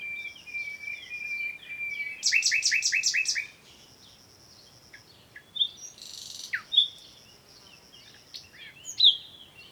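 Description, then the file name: Common nightingale song: a long thin whistle, then a fast run of loud rattling notes, followed by scattered sharp whistles and chirps after a pause. "Luscinia megarhynchos"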